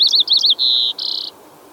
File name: White crowned Sparrow Zonotrichia leucophrys